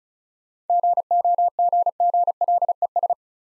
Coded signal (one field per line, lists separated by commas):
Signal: Morse code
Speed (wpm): 35 wpm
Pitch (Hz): 700 Hz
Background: none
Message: GOGGLES